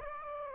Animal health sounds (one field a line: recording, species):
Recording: mosquito wingbeat signal from an infrared sensor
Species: Aedes aegypti